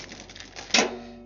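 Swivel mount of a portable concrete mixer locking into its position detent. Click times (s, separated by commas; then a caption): 0.7 s. The metal swivel mount of a portable concrete mixer is turned fully around to face the opposite direction, with faint scraping and rattling as it rotates. At 0.7 s a loud, sharp metallic clunk rings out briefly as the mount locks into its position detent, seated and locked facing the new way.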